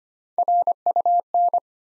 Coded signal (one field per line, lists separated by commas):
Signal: Morse code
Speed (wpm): 25 wpm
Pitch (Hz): 700 Hz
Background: none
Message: RUN